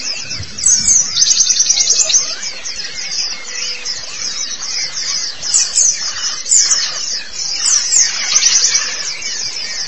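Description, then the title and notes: White-eye song, a continuous rush of thin, high chirps and twitters, rising and falling in loudness. Long-duration recording of the chirping song. "Kicauan Burung Pleci Durasi Panjang. Suara kicauan burung pleci"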